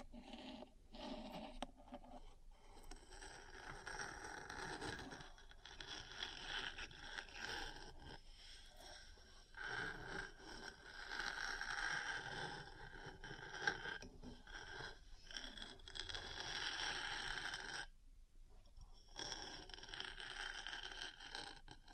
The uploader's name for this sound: Metal Parts Tapping & Scratching